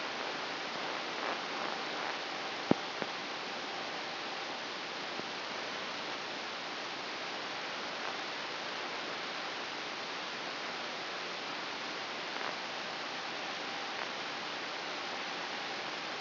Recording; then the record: brain microelectrode recording played as sound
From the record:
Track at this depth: inside the subthalamic nucleus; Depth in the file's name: 6.133 mm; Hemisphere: right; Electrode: 2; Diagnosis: Parkinson's disease